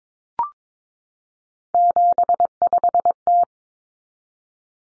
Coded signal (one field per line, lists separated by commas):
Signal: Morse code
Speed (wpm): 22 wpm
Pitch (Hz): 700 Hz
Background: none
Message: 75T